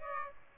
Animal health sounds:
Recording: mosquito wingbeat signal from an infrared sensor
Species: Aedes aegypti

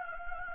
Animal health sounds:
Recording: mosquito wingbeat signal from an infrared sensor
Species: Anopheles gambiae

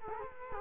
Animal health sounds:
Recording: mosquito wingbeat signal from an infrared sensor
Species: Culex quinquefasciatus

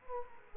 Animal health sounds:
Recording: mosquito wingbeat signal from an infrared sensor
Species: Aedes aegypti

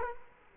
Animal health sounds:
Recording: mosquito wingbeat signal from an infrared sensor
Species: Culex quinquefasciatus

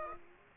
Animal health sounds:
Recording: mosquito wingbeat signal from an infrared sensor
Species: Aedes aegypti

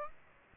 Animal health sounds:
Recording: mosquito wingbeat signal from an infrared sensor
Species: Aedes aegypti

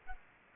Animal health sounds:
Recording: mosquito wingbeat signal from an infrared sensor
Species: Culex quinquefasciatus

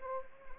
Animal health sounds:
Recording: mosquito wingbeat signal from an infrared sensor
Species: Anopheles arabiensis

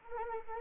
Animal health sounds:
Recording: mosquito wingbeat signal from an infrared sensor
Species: Anopheles arabiensis

